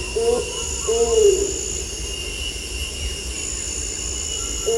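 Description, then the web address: Bornean ground cuckoo calls: low hollow hooting notes, a short one then a longer, slightly falling one, with another beginning at the end, over a steady high insect drone. "DANUM. bornean ground cuckoo"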